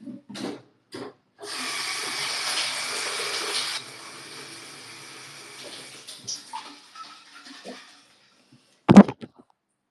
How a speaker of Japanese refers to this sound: まあ、お風呂場だから、すごいのかな。結構きつい？ちょっと、少ししたら出すわ。ちょっと、安全な場所確保。できたら。イヤホンとかで聞いたらやばいかも。シャワーの音とかするかも、普通に。シャワーの音するよ。